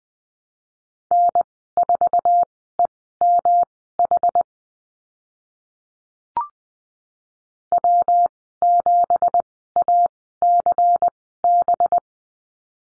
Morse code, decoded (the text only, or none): N4EMH W7ACB